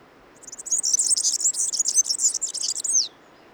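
European serin song: a fast, high, jingling twitter of tinkling notes lasting about two and a half seconds, with no other clear sounds.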